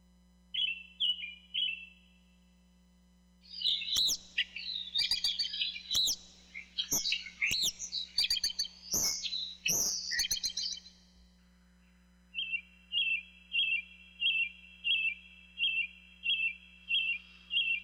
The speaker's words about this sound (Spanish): El canto de los pájaros ocupa una parte variable en la atención auditiva del señor Palomar.